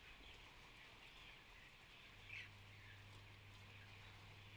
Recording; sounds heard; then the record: poultry house recording; healthy chickens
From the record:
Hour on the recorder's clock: 13